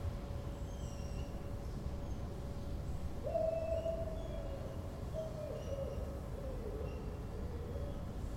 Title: Patio with howling dog (Corinthstraße Berlin, September 14th 2012)